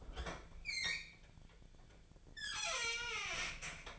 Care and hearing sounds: daily activity, microphone in the room; open fridge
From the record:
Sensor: 5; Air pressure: 1009.8 hPa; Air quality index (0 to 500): 164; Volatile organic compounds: 4 ppm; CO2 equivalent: 1590 ppm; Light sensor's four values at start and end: 106/274/113/121 and 108/279/116/124

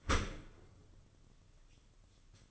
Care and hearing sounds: daily activity, microphone in the room; open dishwasher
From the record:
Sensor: 4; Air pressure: 995.2 hPa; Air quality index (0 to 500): 212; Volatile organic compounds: 232 ppm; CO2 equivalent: 4312 ppm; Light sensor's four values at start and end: 32/97/37/41 and 32/97/37/41

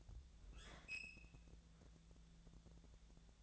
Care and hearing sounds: daily activity, microphone in the room; open fridge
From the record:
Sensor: 3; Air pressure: 1000.0 hPa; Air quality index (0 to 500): 133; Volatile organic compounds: 2 ppm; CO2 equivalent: 1190 ppm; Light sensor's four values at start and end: 40/101/43/47 and 39/101/43/47

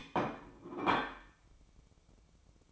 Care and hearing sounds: daily activity, microphone in the room; place plate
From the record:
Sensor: 1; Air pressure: 1007.5 hPa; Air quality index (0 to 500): 76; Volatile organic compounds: 1 ppm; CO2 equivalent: 662 ppm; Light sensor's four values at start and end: 7/18/7/8 and 7/18/7/8

